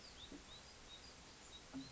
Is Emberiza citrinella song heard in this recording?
no